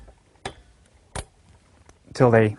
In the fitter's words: lock into place. And then take a look around, make sure that all of them look the same and that they're all fully seated.